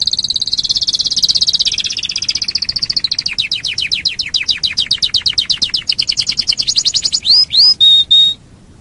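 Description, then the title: Canary delivering a long, loud trill that gradually slows into distinct pulses, ending with a couple of upswept notes and a short whistle. "Kenari"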